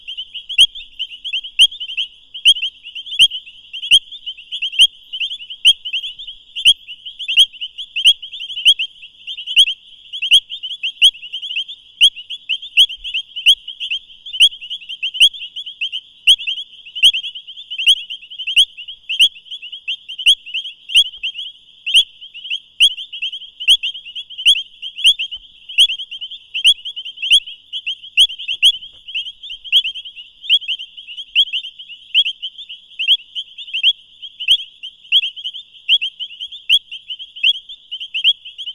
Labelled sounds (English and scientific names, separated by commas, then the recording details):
Painted Reed Frog (Hyperolius marmoratus) call
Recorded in the wild
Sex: male
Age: adult
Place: Camp Satara, Krüger Nationalpark, ZA
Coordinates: -24.4, 31.78
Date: 1996-01-12 22:19
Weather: 26°C, Luftfeuchtigkeit 60%
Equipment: Sony TCD-D3 (Longplay), Sennheiser ME 80, K 30 AV
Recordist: Gutsche, Alexander